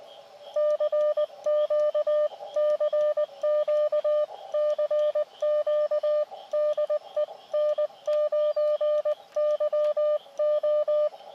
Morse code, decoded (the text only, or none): CQ CQ CQ DE N9YO